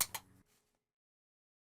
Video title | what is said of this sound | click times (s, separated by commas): Motorized Honeycomb Skylight Shade Installation | push the head rail firmly up and toward the window until the groove on the rail snaps into place | 0.0 s